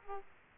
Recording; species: mosquito wingbeat signal from an infrared sensor; Aedes aegypti